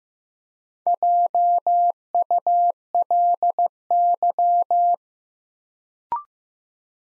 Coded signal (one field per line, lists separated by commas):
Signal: Morse code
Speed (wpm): 15 wpm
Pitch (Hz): 700 Hz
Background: none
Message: JULY